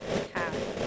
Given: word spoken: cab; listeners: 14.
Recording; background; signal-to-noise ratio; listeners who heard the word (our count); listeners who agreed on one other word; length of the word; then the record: one English word in noise, from a listening test; noise modulated by three-talker babble; -3.8 dB; 0 of 14; 10 of 14; 0.47 s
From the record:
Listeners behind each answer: 10, 1, 1, 1, 1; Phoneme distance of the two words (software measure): 17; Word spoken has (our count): 1 syllable, 3 phonemes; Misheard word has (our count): 1 syllable, 2 phonemes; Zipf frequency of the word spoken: 4.03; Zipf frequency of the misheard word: 4.44